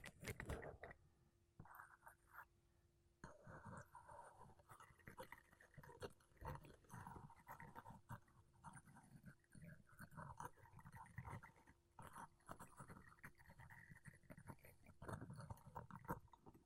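Makeup brushes and a sponge rub and sweep across a microphone in dense, uneven strokes, producing soft scratchy rustles and low thumps throughout. A faint steady hum runs beneath most of the clip, and brief quiet gaps break the brushing near the start and around three seconds.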